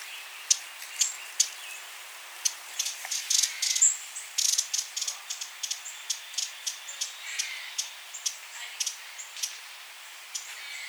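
Broad-billed hummingbird chip calls: dry, sharp ticks, bunching into a quicker chatter midway, over a soft background hiss.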